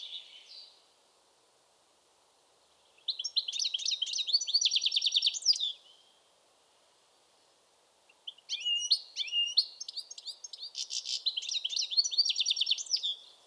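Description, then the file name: European goldfinch song in two bouts a few seconds apart, each a rapid jangle of twittering notes and dry buzzy trills. "Carduelis carduelis"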